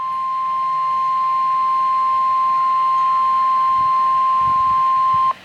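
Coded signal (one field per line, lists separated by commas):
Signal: Emergency Alert System (SAME) tones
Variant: 1050 Hz attention tone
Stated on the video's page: Required weekly test, recorded on an iPod.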